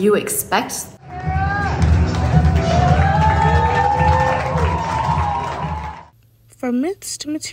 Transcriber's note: applause from final walk during the show